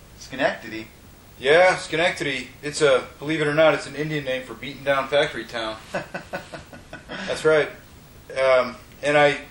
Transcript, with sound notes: Schenectady?
Yeah, Schenectady. It's a, believe it or not, it's an Indian name for beatin' down factory town. [Laughter] That's right. And I